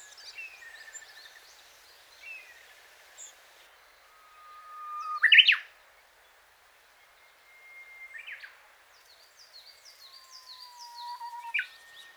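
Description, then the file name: Japanese bush warbler song: a long steady whistle followed by a sharp, explosive flourish, given several times, with other small birds chirping high in the background. "uguisu"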